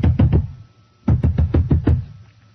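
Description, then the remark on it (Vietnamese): Heavy pounding on a wooden double door: a quick burst of three thuds, a short pause, then a faster run of about six loud, booming blows, with no voices. “Mặc cho tiếng đập cửa và những lời thúc giục, chỉ có sự im lặng đáp lại.”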